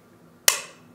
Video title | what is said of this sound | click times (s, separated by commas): Aestiva Anesthesia Machine Breathing System | flow sensor cover onto the module you will hear an audible click when fully engaged | 0.5 s